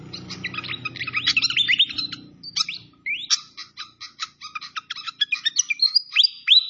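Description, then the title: Malaysian pied fantail singing busy high twitters, then a run of evenly spaced sharp notes and rising whistles; a low background sound stops partway through. Masteran (training recording) of clear-voiced fantail song. "Masteran Sikatan Kipas Suara Jernih Dan Suara Gemericik Air"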